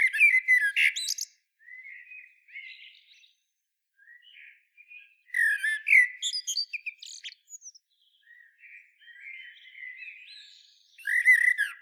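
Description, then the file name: Common blackbird song with three loud bursts of fluted notes and shrill twitters, separated by quieter rambling warbles. "Turdus merula"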